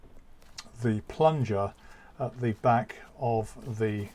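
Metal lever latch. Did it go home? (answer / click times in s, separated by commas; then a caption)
released / 0.6 s. On a Triumph Stag convertible, the silver lever on the near side of the rear seat is pulled and gives a sharp click at 0.6 s, releasing the metal plunger at the back of the convertible hood so it rises from the rear deck. Someone talks throughout the rest of the clip.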